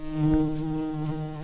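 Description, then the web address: Red-tailed bumblebee buzzing: a steady, low, droning hum with rich overtones, holding an even pitch for the whole second and a half. Queens. "bumblebees Lapidarius-queens"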